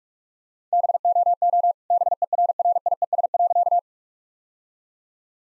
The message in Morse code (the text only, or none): BOO BERRIES.